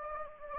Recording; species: mosquito wingbeat signal from an infrared sensor; Anopheles gambiae